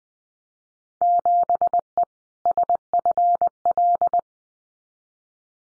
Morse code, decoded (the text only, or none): 7E SFL